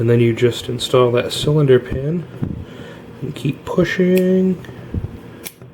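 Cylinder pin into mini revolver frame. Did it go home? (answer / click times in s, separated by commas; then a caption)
yes / 5.5 s. After reloading a North American Arms .22 LR mini revolver, someone talks while reinstalling the steel cylinder pin in the frame and pushing until it latches. A sharp click is heard at 5.5 seconds as the pin seats in place.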